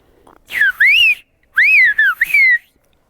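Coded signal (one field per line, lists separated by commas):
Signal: whistled language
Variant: Silbo canario (Gran Canaria)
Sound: two short phrases of loud gliding human whistles rising and falling in pitch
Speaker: y así lo entendió uno a otro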